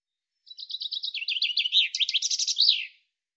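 Common chaffinch song phrase: bright repeated notes stepping down in pitch, ending in an emphatic flourish, heard alone.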